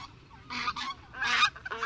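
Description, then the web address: Greater White-fronted Goose giving several hoarse honking calls separated by short pauses. "BIRD NOTE. The Laughing Goose"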